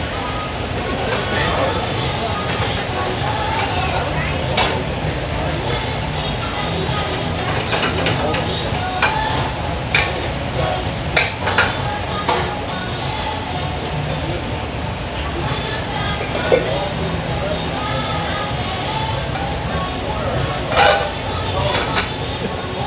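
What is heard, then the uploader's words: Restaurant sounds at breakfast: a steady bed of overlapping voices and low room rumble fills the whole stretch. Sharp clinks of dishes and utensils cut through now and then, with brighter clatters near 5, 11, 16 and 21 seconds. Sunday breakfast out in Phoenix, Arizona. The sounds of the kitchen preparing meals, dishes and utensils clanging about, and some light conversation from the cooks. Restaurant sounds.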